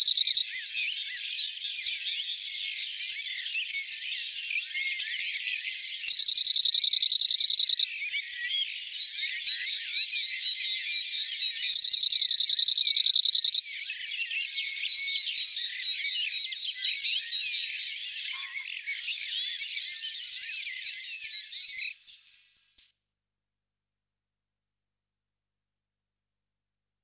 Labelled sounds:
Cirl Bunting (Emberiza cirlus) song
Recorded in the wild
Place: Schönberg / Gemeide Ebringen / Hochschwarzwald, Baden-Württemberg, DE
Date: 1984-05-19
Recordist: Schwarz, Dieter
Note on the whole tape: Song

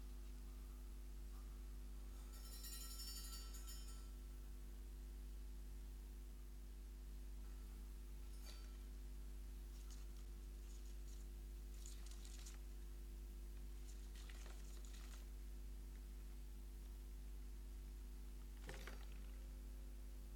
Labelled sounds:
Common Pine Vole (Microtus subterraneus) defence call
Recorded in captivity
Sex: diverse
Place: Wohnung, Berlin, DE
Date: 1988-09-18 15:00
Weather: Zimmertemperatur
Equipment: Tesla B 115, RFT DM 2415 (Originalband)
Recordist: Frommolt, Karl-Heinz

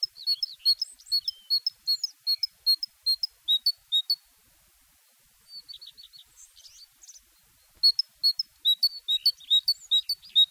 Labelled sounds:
Great Tit (Parus major) song
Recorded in the wild
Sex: male
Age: adult
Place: Garmisch-Partenkirchen, Bayern, DE
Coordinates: 47.4914, 11.0694
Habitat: urban area
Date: 1966-04-17
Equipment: Vollspur
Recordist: Tretzel, Erwin

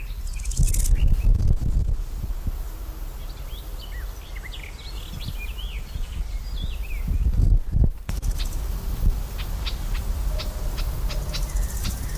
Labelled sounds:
Garden Warbler (Sylvia borin) alarm call
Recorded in the wild
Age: adult
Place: Mühlenbecker Teiche, Tegeler Fließ, Berlin, DE
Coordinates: 52.6458, 13.3956
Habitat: pond
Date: 1992-06-21 12:32
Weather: sunny, 19-26 °C, strengthening winds
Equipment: Marantz CP 430, Sennheiser ME 80, Kopie Tesla B 116
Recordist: Tembrock, Günter

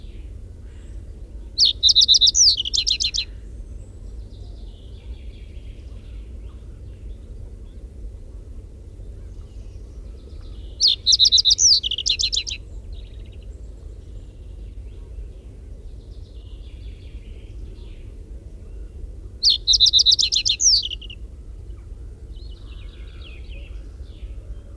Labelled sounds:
Reed Bunting (Emberiza schoeniclus) song
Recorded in the wild
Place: Groß Banzelvitz, Insel Rügen, Mecklenburg-Vorpommern, DE
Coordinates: 54.52, 13.407
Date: 1974-04-06
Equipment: Nagra III BH, Sennheiser MD 21, parabola
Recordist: Schubert, Michael
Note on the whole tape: Gesang Rohrammer

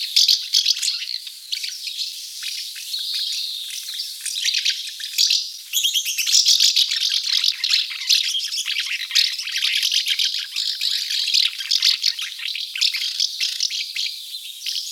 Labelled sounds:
Common House Martin (Delichon urbicum) song
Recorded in the wild
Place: Merdingen am Kaiserstuhl, Baden-Württemberg, DE
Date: 1983-05-22
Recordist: Schwarz, Dieter
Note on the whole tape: Song

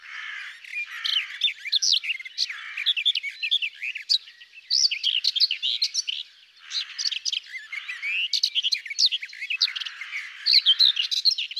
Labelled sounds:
Common Whitethroat (Sylvia communis) song
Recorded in the wild
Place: Waltershofen / Freiburg im Breisgau, Baden-Württemberg, DE
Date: 2001-06-15
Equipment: MiniDisc Sharp MT 20 H
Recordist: Schwarz, Dieter

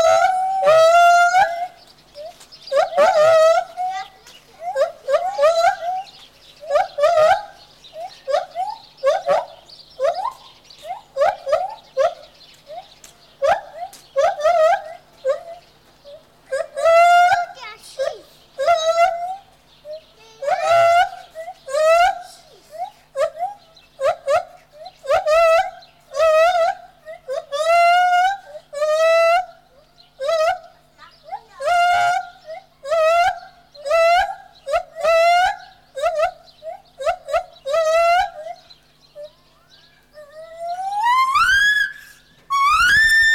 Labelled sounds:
Lar Gibbon (Hylobates lar)
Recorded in captivity
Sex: diverse
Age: diverse
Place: Tierpark Berlin, Berlin, DE
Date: 1983-01-23
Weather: bedeckt, böiger Wind, 4 °C
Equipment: Nagra SN, Sennheiser MKH 416 T (Automatik), Kopie Uher 4000 Report Monitor
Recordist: Tembrock, Günter

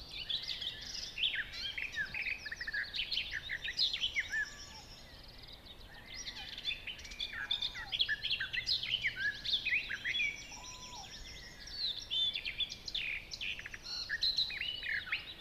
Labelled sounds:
Barred Warbler (Sylvia nisoria) song
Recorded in the wild
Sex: male
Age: adult
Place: Schönow, Naturpark Barnim, Brandenburg, DE
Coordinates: 52.6961, 13.5039
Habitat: decidous forest
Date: 2013-05-20
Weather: cloudy, weak wind, 15°C
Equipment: Sound Devices 702, Sennheiser MKH 70, Rycote Windschutz
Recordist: Frommolt, Karl-Heinz
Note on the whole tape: Nordteil des Naturschutzgebietes Schönower Heide: Gesang einer Grasmücke. Auf der Grundlage der Gesangsstruktur (kurze Strophen) als Sperbergrasmücke bestimmt. Am Anfang auch Gesang eines Pirols

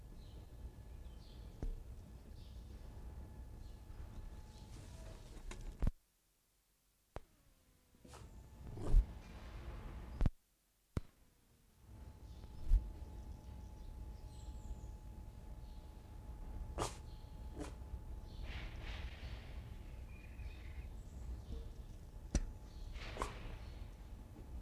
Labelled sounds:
Red Fox (Vulpes vulpes)
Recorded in captivity
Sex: male
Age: adult
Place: Zoologisches Institut der HUB, Berlin, DE
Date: 1959-11-14
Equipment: Reporter, Vollspur 19 cm
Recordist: Tembrock, Günter

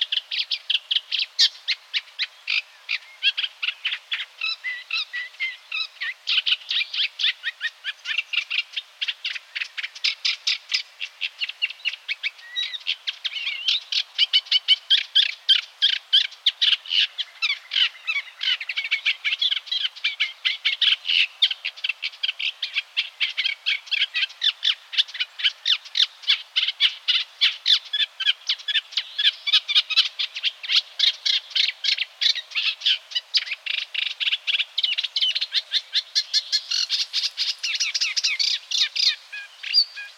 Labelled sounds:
Eurasian Reed Warbler (Acrocephalus scirpaceus)
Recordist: Frommolt, Karl-Heinz
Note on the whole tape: Gesang

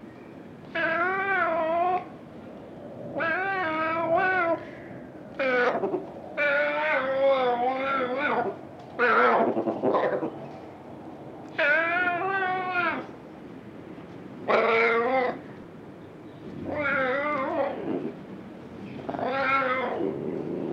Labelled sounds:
Ocelot (Leopardus pardalis)
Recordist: Tembrock, Günter
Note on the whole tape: Männchen: Maunzen

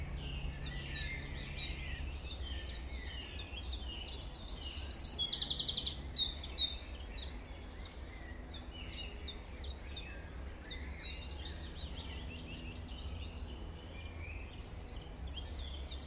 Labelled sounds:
Common Pheasant (Phasianus colchicus) call
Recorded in the wild
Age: adult
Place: Lübars (Fließtal), Berlin, DE
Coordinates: 52.6167, 13.35
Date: 1998-05-23 18:18
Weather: wolkig, 15°C
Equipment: Sony MD-WM MZ-R3, Sennheiser MKH 416 T, Kopie Uher 4000 Report Monitor
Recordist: Tembrock, Günter

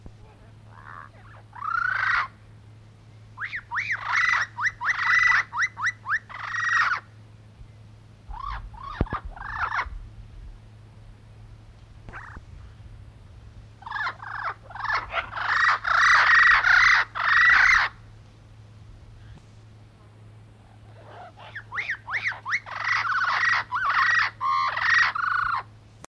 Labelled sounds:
Yellow-crowned Amazon (Amazona ochrocephala) call
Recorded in captivity
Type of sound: call
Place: Tierpark Hellabrunn, Bayern, DE
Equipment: Halbspur, 9,5 cm/s
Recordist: Lütgens, Hans
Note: Rufe

